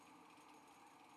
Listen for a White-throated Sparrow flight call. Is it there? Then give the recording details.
no. No flight call is heard. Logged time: 06:01 on 5 December 2014